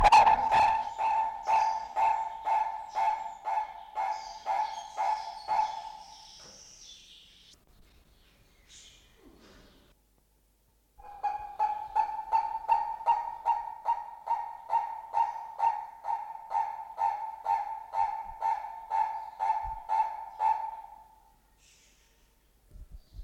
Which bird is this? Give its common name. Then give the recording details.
Purple-crested Turaco. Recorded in captivity. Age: adult. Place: Zoo Berlin, Berlin, DE. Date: 1992-06-20 12:45. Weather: wolkig-heiter, 20-24°C. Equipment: Marantz CP 430, Sennheiser ME 80, Kopie Tesla B 116. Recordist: Tembrock, Günter. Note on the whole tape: 5 Rufreihen (meist erst nach Beginn eingeschaltet), Abstand ca. 6 m